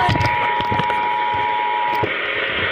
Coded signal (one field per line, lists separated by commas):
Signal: Emergency Alert System (SAME) tones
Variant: 853 and 960 Hz attention tone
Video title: Election Day Massachusetts Required Monthly Test (EAS 1483 - 1503)